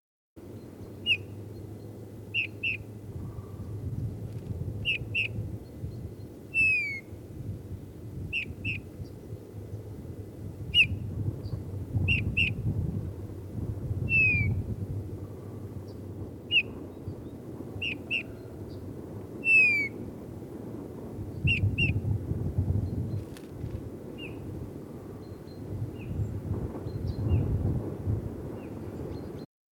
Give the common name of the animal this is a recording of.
Eurasian Bullfinch